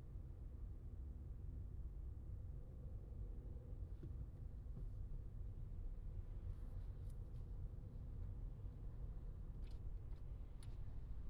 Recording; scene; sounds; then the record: everyday scene through a hearing-aid microphone; in a vehicle; engine, traffic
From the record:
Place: Skoda Fabia, gasoline engine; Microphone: in the ear canal, left